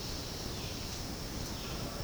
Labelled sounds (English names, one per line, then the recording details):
none
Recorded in dense forest near Puerto Asís, Putumayo, Colombia, on 18 February 2024 at 11:30
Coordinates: 0.503, -76.322
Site G6418